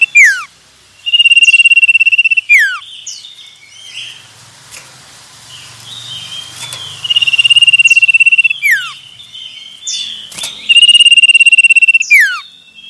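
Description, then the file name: Common iora song of long, sustained high whistles, each ending in a steep falling slur, repeated three times with quieter sounds between phrases. Male. "suara burung cipoh jantan"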